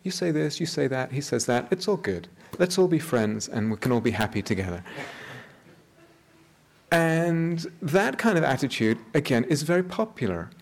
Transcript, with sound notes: You say this, you say that, he says that. It's all good. Let's all be friends and we can all be happy together." [laughter] That kind of attitude, again, is very popular.